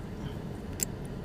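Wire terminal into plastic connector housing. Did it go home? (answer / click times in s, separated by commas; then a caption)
yes / 0.8 s. A crimped wire terminal is pushed into a plastic harness connector housing while installing an audio unit in a BMW 5 Series E60. A sharp, brief snap sounds at 0.8 s over low background rumble, showing the terminal has seated in place.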